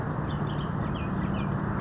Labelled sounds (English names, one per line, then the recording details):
Bullock's Oriole
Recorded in Sonoma County, California